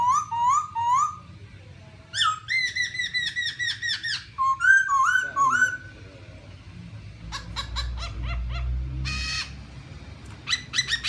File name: tieng khuou bac ma hot